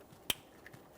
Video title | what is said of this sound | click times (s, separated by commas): How to Replace Throttle Body 2008-2017 Mitsubishi Lancer | Audible click. | 0.3 s